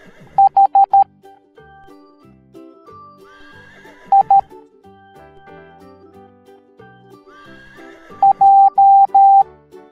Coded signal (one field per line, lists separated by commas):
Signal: Morse code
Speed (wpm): 13 wpm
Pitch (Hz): 790 Hz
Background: music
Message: H I J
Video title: Horses Teaching the Morse Code Alphabet Educational Video for Kids